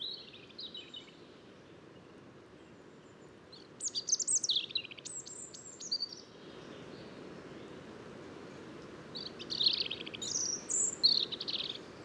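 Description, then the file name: European robin giving soft, high warbled phrases of thin whistles and quick descending notes, spaced by pauses, against a constant low hiss. "Erithacus rubecula"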